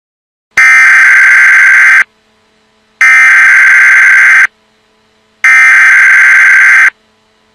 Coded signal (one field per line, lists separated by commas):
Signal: Emergency Alert System (SAME) tones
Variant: header bursts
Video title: EMERGENCY ALERT SYSTEM (To Prank) (All Is Fake)